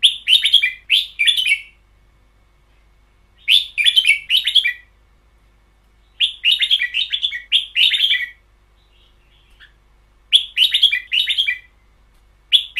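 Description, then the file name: Red-whiskered bulbul song: short bursts of rich, bubbly warbled notes, several quick phrases per burst, repeated at intervals with quiet gaps between. Caged bird; song style called เบิ้ลยาว in Thai. "เสียงนกกรง-เบิ้ลยาว"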